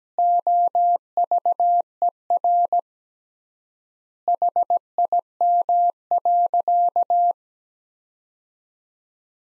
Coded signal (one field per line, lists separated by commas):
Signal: Morse code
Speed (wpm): 17 wpm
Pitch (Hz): 700 Hz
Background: none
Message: OVER HIM.